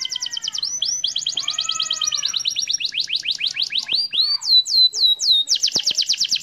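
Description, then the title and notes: Canary song mixing fast rolling trills with slower down-slurred whistles, the phrases changing pace every second or so. Canary master song, used to train other birds to sing. "Suara Burung Kenari Masteran. master suara burung kenari mantap"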